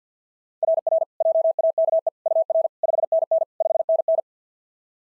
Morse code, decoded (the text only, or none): RR JAKE UR 5NN 5NN